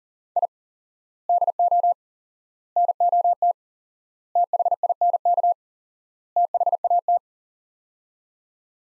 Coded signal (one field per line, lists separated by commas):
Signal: Morse code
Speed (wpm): 40 wpm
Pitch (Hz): 700 Hz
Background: none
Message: I DO NOT THINK THAT